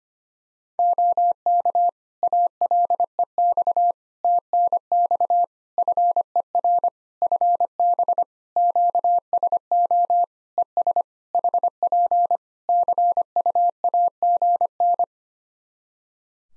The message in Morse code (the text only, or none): OK ALEX TNX FER FB QSO ES HP CUAGN